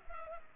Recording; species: mosquito wingbeat signal from an infrared sensor; Culex pipiens